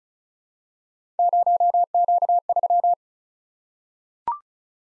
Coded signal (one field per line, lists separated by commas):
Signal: Morse code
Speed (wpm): 36 wpm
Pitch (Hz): 700 Hz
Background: none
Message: 0Q3